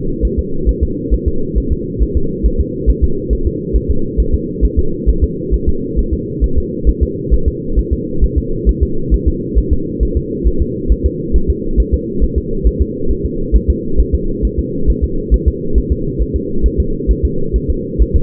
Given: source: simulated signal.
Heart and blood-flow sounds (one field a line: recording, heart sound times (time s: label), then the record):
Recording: fetal heart sounds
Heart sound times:
0.25 s: S1
0.39 s: S2
0.69 s: S1
0.83 s: S2
1.13 s: S1
1.28 s: S2
1.58 s: S1
1.72 s: S2
2.02 s: S1
2.17 s: S2
2.46 s: S1
2.61 s: S2
2.90 s: S1
3.04 s: S2
3.33 s: S1
3.47 s: S2
3.76 s: S1
3.91 s: S2
4.20 s: S1
4.34 s: S2
4.65 s: S1
4.79 s: S2
5.09 s: S1
5.24 s: S2
5.54 s: S1
5.69 s: S2
5.99 s: S1
6.13 s: S2
6.44 s: S1
6.58 s: S2
6.89 s: S1
7.03 s: S2
7.34 s: S1
7.48 s: S2
7.79 s: S1
7.93 s: S2
8.24 s: S1
8.38 s: S2
8.69 s: S1
8.83 s: S2
9.14 s: S1
9.28 s: S2
9.58 s: S1
9.73 s: S2
10.03 s: S1
10.17 s: S2
10.47 s: S1
10.62 s: S2
10.92 s: S1
11.06 s: S2
11.36 s: S1
11.50 s: S2
11.80 s: S1
11.94 s: S2
12.24 s: S1
12.38 s: S2
12.67 s: S1
12.82 s: S2
13.11 s: S1
13.26 s: S2
13.56 s: S1
13.70 s: S2
14.00 s: S1
14.15 s: S2
14.45 s: S1
14.59 s: S2
14.90 s: S1
15.04 s: S2
15.34 s: S1
15.48 s: S2
15.78 s: S1
15.92 s: S2
16.22 s: S1
16.36 s: S2
16.66 s: S1
16.80 s: S2
17.11 s: S1
17.25 s: S2
17.56 s: S1
17.70 s: S2
18.01 s: S1
18.16 s: S2
From the record:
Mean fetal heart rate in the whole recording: 135 bpm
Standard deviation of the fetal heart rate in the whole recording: 3 bpm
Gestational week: 34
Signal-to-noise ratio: -8.1 dB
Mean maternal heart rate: 72 bpm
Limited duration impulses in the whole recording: absent